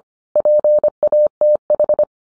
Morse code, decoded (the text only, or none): PATH